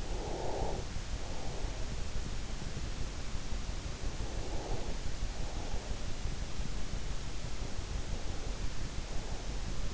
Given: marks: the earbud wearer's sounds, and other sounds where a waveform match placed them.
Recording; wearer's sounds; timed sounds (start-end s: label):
sounds in sleep by an in-ear microphone; breath
0.00-2.01 s: breath
4.09-6.14 s: breath
7.51-9.78 s: breath